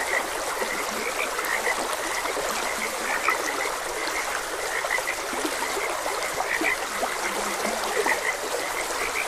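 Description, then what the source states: Frogs croak in a continuous chorus of short bright notes plus a few low, drawn-out croaks, heard over a gently trickling stream. Frogs croaking beside a gentle stream.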